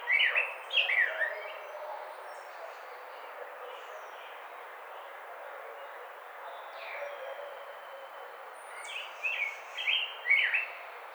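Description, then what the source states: Baltimore oriole whistling a few rich, slurred notes at the start, then a quiet gap, then another short burst of whistles near the end. Recorded on 29 May 2009.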